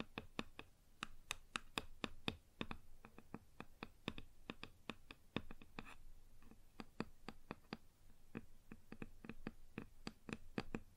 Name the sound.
Wood Surface Tapping & Scratching